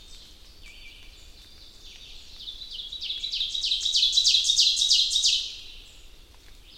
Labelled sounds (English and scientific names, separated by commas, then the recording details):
Ovenbird (Seiurus aurocapilla) song
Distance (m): 15 m
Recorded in boreal forest in Alberta, Canada, on 2 June 2016 at 05:35
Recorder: SongMeter 3, array SBT-3-7
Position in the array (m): 91 m, 143 m
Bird 5